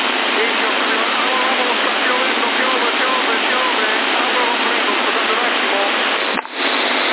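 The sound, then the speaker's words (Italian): A steady, dense hiss of rain falling, continuous and fairly loud throughout, with no voices, ending in a brief dropout near the end. “È iniziata la piovere, qua.”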